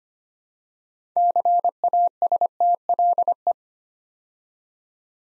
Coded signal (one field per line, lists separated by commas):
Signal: Morse code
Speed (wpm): 25 wpm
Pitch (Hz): 700 Hz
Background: none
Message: CASTLE